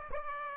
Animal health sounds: mosquito wingbeat signal from an infrared sensor; Aedes aegypti

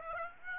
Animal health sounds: mosquito wingbeat signal from an infrared sensor; Aedes aegypti

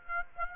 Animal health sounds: mosquito wingbeat signal from an infrared sensor; Aedes aegypti

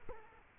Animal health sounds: mosquito wingbeat signal from an infrared sensor; Culex quinquefasciatus

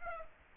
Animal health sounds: mosquito wingbeat signal from an infrared sensor; Aedes aegypti

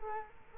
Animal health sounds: mosquito wingbeat signal from an infrared sensor; Culex quinquefasciatus

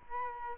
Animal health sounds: mosquito wingbeat signal from an infrared sensor; Culex quinquefasciatus

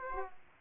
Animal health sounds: mosquito wingbeat signal from an infrared sensor; Aedes aegypti

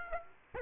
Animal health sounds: mosquito wingbeat signal from an infrared sensor; Aedes aegypti

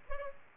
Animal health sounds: mosquito wingbeat signal from an infrared sensor; Aedes aegypti

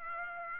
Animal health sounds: mosquito wingbeat signal from an infrared sensor; Aedes aegypti

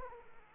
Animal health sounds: mosquito wingbeat signal from an infrared sensor; Aedes aegypti

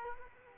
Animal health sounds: mosquito wingbeat signal from an infrared sensor; Culex quinquefasciatus

